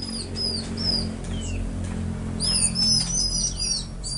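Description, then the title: Orange-headed thrush song: scattered thin, high whistles and slurred notes, becoming a dense chattering cluster in the second half over a steady hum. "Anis Merah"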